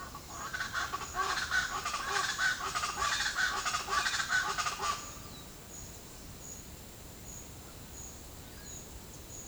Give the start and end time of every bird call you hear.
[0.00, 5.02] bird call (0.6-7.3 kHz)

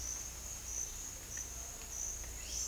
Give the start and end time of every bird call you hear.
[2.35, 2.68] bird call (1.6-8.2 kHz)

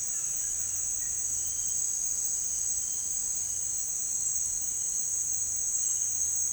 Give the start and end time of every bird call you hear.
[0.00, 1.28] bird call (0.6-4.3 kHz)

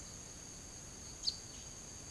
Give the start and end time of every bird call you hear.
[1.20, 1.41] bird call (2.3-6.3 kHz)

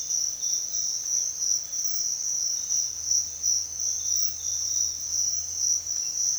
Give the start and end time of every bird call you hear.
[0.00, 2.84] bird call (2.7-4.3 kHz)

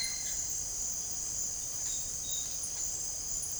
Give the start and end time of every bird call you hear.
[1.74, 2.65] bird call (2.5-4.3 kHz)

